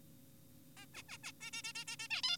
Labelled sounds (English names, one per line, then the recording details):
Zebra Finch
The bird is an adult
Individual g4p5U